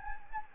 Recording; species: mosquito wingbeat signal from an infrared sensor; Anopheles gambiae